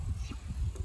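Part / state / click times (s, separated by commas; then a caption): wiper blade clip onto wiper arm / not seated / none. A wiper blade with its plastic clip is handled at the wiper arm hook on a 2005–2014 Toyota Hilux (N70) during a wiper blade change, being slid on and pulled up toward its click position. A steady low rumble fills the clip, with one brief sharp sound at about 0.8 s. Nothing has seated or clicked yet.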